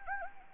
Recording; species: mosquito wingbeat signal from an infrared sensor; Anopheles gambiae